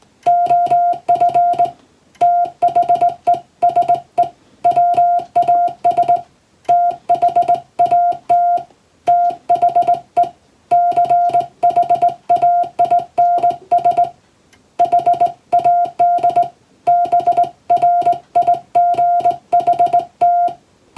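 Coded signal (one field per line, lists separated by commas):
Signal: Morse code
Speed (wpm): 20 wpm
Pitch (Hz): 700 Hz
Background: music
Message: OF THESE WAS THAT THE CHAINS HAD BRIGHT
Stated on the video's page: English-language Morse code practice taken from a European-language telegram practice book.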